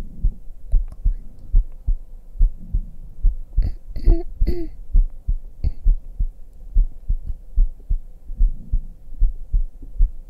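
An ASMR heartbeat recording made with a black 3Dio binaural microphone: a steady heartbeat of deep, muffled thuds, about two per second, continuing throughout. Briefly in the middle, a soft gurgling, tonal body sound rises over the beats.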